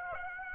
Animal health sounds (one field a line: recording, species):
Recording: mosquito wingbeat signal from an infrared sensor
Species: Aedes aegypti